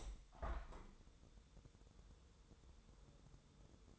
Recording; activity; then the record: daily activity, microphone in the room; open window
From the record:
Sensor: 3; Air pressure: 1015.0 hPa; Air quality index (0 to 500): 31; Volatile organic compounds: 1 ppm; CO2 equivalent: 536 ppm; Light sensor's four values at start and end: 10/23/9/9 and 10/23/10/9